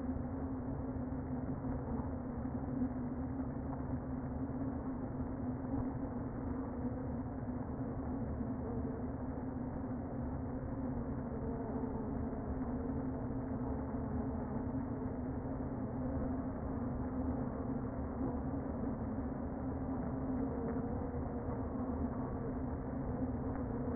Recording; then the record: honeybee colony, microphone inside the hive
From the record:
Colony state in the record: queen present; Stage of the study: before two queens were removed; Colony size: about 60,000 bees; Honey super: yes